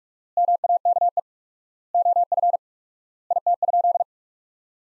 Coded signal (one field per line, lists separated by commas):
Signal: Morse code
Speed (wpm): 46 wpm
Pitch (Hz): 700 Hz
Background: none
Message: MAKE OF IT?